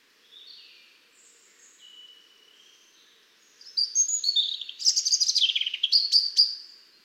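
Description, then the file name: European robin song: soft, thin, high warbling phrases at first, then louder sweet tumbling notes and sliding whistles in a jumbled high-pitched burst. "Erithacus rubecula"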